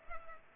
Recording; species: mosquito wingbeat signal from an infrared sensor; Culex pipiens